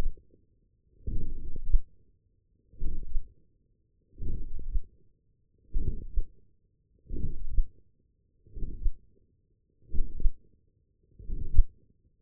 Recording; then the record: forearm muscle sounds (acoustic myography)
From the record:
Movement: forearm supination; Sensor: system 1, eight BSWA MPA416 microphones around the upper forearm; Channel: 5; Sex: male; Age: 23 years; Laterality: right